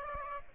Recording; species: mosquito wingbeat signal from an infrared sensor; Aedes aegypti